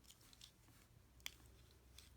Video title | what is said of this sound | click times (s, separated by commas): Transformers Siege Micromasters Off Road Patrol PowerTrain & HighJump Review | this just kind of comes down and clicks into place and | 1.3 s